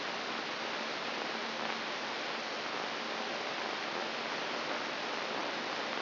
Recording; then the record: brain microelectrode recording played as sound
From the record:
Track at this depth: inside the subthalamic nucleus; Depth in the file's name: 2.746 mm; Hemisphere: right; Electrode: 3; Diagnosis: Parkinson's disease